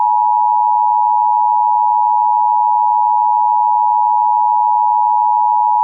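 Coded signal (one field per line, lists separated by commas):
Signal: Emergency Alert System (SAME) tones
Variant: 853 and 960 Hz attention tone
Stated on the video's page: Simulated EAS scenario made on request.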